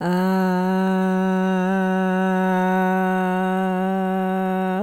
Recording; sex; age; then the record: sustained vowel /a/; female; 50 to 59 years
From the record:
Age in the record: 54 years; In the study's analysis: included